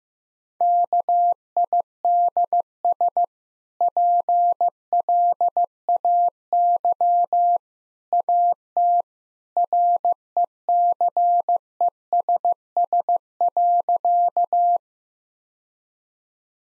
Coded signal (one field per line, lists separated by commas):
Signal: Morse code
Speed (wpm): 15 wpm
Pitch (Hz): 700 Hz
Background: none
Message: KIDS PLAY AT RECESS.